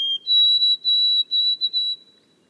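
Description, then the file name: White-throated sparrow song. The end of a lower whistle leads into higher clear notes repeated quickly, then silence. Boreal forest of Haute-Côte-Nord, 29 May 2018. "bruant-a-gorge-blanche-foret-boreale-de-la-haute-cote-nord-29-mai-2018"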